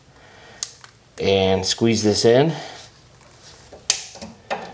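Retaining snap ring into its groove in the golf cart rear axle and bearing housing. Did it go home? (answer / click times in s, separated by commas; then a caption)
yes / 3.9 s. Someone talks while a metal snap ring is squeezed with snap ring pliers and fitted into its groove in the rear axle and bearing housing of an RXV golf cart, where it holds the new bearing. A single sharp metallic snap rings out at 3.9 s as the ring seats in its groove.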